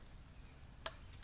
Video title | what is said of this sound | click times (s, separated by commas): How to Adjust Kitchen Cabinet Door Hinges (Blum) | all you do is flip the switch and you can hear it click and | 0.9 s